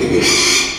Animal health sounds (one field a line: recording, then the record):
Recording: squeal of a Yucatan mini pig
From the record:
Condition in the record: after surgery on the right vocal fold (resection and tissue-engineered implant)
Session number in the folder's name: 2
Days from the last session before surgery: 13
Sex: male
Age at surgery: 12 weeks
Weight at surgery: 13 kg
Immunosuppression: cyclosporine, prednisolone